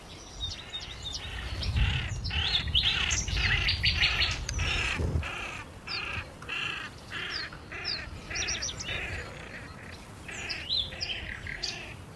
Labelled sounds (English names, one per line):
Eurasian Penduline Tit call